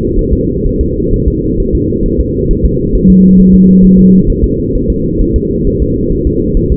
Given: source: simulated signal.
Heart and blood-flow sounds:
fetal heart sounds
0.19 s: S1
0.33 s: S2
0.67 s: S1
0.81 s: S2
1.14 s: S1
1.28 s: S2
1.60 s: S1
1.75 s: S2
2.06 s: S1
2.20 s: S2
2.51 s: S1
2.66 s: S2
2.95 s: S1
3.10 s: S2
3.40 s: S1
3.54 s: S2
3.84 s: S1
3.99 s: S2
4.30 s: S1
4.44 s: S2
4.75 s: S1
4.90 s: S2
5.21 s: S1
5.36 s: S2
5.67 s: S1
5.82 s: S2
6.12 s: S1
6.27 s: S2
6.57 s: S1
6.72 s: S2
From the record:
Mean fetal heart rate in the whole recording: 130 bpm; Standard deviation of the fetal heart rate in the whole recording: 4 bpm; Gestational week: 38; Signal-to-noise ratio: -14.7 dB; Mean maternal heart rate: 72 bpm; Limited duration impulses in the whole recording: present

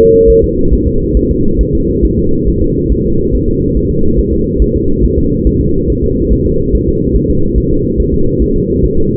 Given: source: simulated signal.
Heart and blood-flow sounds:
fetal heart sounds
0.00 s: S2
0.30 s: S1
0.44 s: S2
0.73 s: S1
0.87 s: S2
1.17 s: S1
1.31 s: S2
1.61 s: S1
1.75 s: S2
2.05 s: S1
2.19 s: S2
2.48 s: S1
2.62 s: S2
2.92 s: S1
3.06 s: S2
3.35 s: S1
3.49 s: S2
3.77 s: S1
3.91 s: S2
4.20 s: S1
4.33 s: S2
4.62 s: S1
4.76 s: S2
5.05 s: S1
5.18 s: S2
5.47 s: S1
5.61 s: S2
5.90 s: S1
6.04 s: S2
6.33 s: S1
6.47 s: S2
6.75 s: S1
6.89 s: S2
7.16 s: S1
7.30 s: S2
7.58 s: S1
7.72 s: S2
8.00 s: S1
8.14 s: S2
8.42 s: S1
8.56 s: S2
8.85 s: S1
8.99 s: S2
From the record:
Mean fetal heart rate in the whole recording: 140 bpm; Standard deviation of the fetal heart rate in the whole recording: 2 bpm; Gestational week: 34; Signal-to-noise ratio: -16.4 dB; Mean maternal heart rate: 72 bpm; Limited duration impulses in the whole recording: present

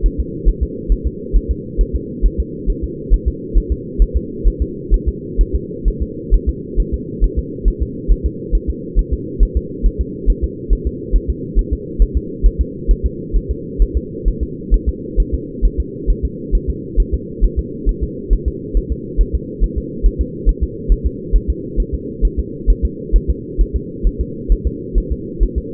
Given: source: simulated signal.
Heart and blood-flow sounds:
fetal heart sounds
0.06 s: S1
0.20 s: S2
0.49 s: S1
0.63 s: S2
0.92 s: S1
1.07 s: S2
1.36 s: S1
1.51 s: S2
1.81 s: S1
1.96 s: S2
2.26 s: S1
2.40 s: S2
2.70 s: S1
2.84 s: S2
3.14 s: S1
3.28 s: S2
3.58 s: S1
3.72 s: S2
4.02 s: S1
4.17 s: S2
4.48 s: S1
4.62 s: S2
4.94 s: S1
5.08 s: S2
5.41 s: S1
5.55 s: S2
5.88 s: S1
6.02 s: S2
6.34 s: S1
6.49 s: S2
6.80 s: S1
6.94 s: S2
7.24 s: S1
7.39 s: S2
7.68 s: S1
7.83 s: S2
8.12 s: S1
8.26 s: S2
8.55 s: S1
8.70 s: S2
8.99 s: S1
9.14 s: S2
9.43 s: S1
9.57 s: S2
9.86 s: S1
10.01 s: S2
10.30 s: S1
10.44 s: S2
10.73 s: S1
10.87 s: S2
11.16 s: S1
11.30 s: S2
11.59 s: S1
11.73 s: S2
12.02 s: S1
12.17 s: S2
12.46 s: S1
12.61 s: S2
12.91 s: S1
13.06 s: S2
13.36 s: S1
13.51 s: S2
13.82 s: S1
13.97 s: S2
14.28 s: S1
14.43 s: S2
14.74 s: S1
14.89 s: S2
15.20 s: S1
15.34 s: S2
15.65 s: S1
15.80 s: S2
16.10 s: S1
16.25 s: S2
16.55 s: S1
16.70 s: S2
17.00 s: S1
17.14 s: S2
17.44 s: S1
17.59 s: S2
17.89 s: S1
18.03 s: S2
18.33 s: S1
18.48 s: S2
18.77 s: S1
18.92 s: S2
19.21 s: S1
19.35 s: S2
19.64 s: S1
19.78 s: S2
20.06 s: S1
20.21 s: S2
20.49 s: S1
20.64 s: S2
20.92 s: S1
21.07 s: S2
21.36 s: S1
21.50 s: S2
21.80 s: S1
21.95 s: S2
22.25 s: S1
22.39 s: S2
22.70 s: S1
22.85 s: S2
23.16 s: S1
23.30 s: S2
23.61 s: S1
23.76 s: S2
24.07 s: S1
24.21 s: S2
24.52 s: S1
24.67 s: S2
24.98 s: S1
25.12 s: S2
25.43 s: S1
25.58 s: S2
From the record:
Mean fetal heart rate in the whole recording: 135 bpm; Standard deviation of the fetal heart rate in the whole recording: 3 bpm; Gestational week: 36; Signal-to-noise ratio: -4.1 dB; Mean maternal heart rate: no maternal heart sound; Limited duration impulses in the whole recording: absent

